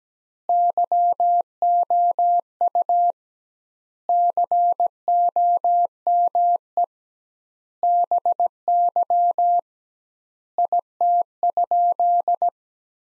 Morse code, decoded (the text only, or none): YOU COME BY IT?